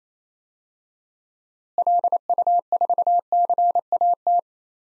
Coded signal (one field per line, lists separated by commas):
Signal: Morse code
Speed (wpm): 28 wpm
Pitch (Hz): 700 Hz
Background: none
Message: LU4CAT